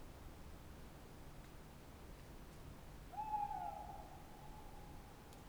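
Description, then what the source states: Tawny owl hooting after three seconds of quiet hiss: one long hoot, strongest at the start, fading gradually while held to the end. Tawny owl at night on wooded banks of the Dordogne near Limeuil, France, under a starry sky; end of Cadouin festival; recorded with Sonosax SX-R4+ and DPA 4022 microphones.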